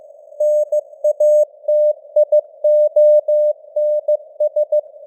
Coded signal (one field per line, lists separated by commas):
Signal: Morse code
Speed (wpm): 15 wpm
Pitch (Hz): 600 Hz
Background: none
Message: NATIONS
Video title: Morse Code News | 2025-12-04 | 15wpm